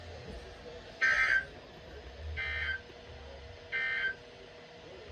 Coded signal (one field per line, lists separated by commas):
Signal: Emergency Alert System (SAME) tones